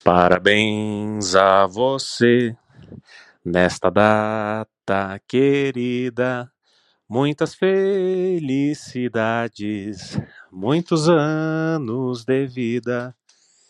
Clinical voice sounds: short text; Brazilian Portuguese; male; 40 to 49 years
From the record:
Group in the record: control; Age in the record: 40 years

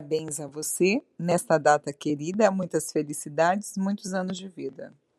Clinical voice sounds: short text; Brazilian Portuguese; female; 40 to 49 years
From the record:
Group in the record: control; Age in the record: 40 years

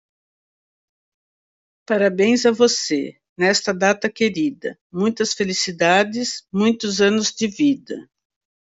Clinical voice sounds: short text; Brazilian Portuguese; female; 60 to 69 years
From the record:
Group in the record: control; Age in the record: 62 years

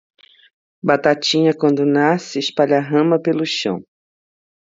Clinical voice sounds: short text; Brazilian Portuguese; female; 50 to 59 years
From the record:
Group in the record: control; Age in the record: 54 years

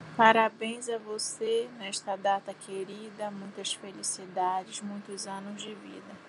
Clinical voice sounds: short text; Brazilian Portuguese; female; 30 to 39 years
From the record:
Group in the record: control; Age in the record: 39 years

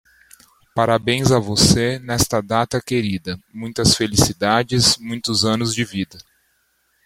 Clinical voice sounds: short text; Brazilian Portuguese; male; 30 to 39 years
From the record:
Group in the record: control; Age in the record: 34 years

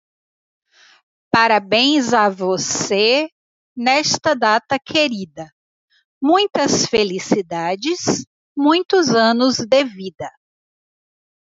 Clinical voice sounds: short text; Brazilian Portuguese; female; 50 to 59 years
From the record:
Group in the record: control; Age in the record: 54 years

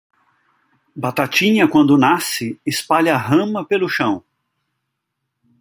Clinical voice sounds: short text; Brazilian Portuguese; male; 60 to 69 years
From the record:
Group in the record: control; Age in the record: 62 years

